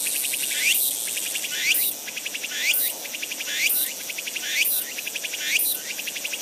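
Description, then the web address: Walker's cicada singing high, shrill phrases: pulsed buzzing notes that each end in a rising sweep, repeated roughly once per second. "insect tutuhousi"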